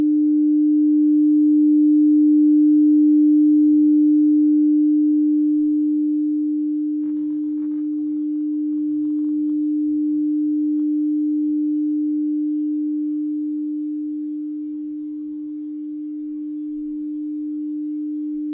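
A singing bowl sings one steady, mid-pitched tone for the whole clip, with the loudness swelling and easing slowly as the rim is circled. Around seven to eight seconds, a few faint taps and rubbing scrapes break in briefly, then the tone carries on.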